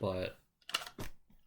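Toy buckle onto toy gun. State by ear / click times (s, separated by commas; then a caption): not seated / none. A plastic Kamen Rider Geats DX Boost Mark II Raise Buckle toy transformation buckle is fitted onto a toy gun and held in place by hand while someone talks, with a few short sharp sounds around 0.7 s and 1.5 s. The buckle stays only while held and does not lock into place; nothing has seated or clicked yet.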